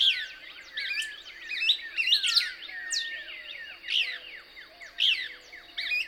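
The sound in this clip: Couch's Kingbird song, a run of quick, sharp twittering chirps in close bursts, with a constant high whine and faint low whistled notes behind.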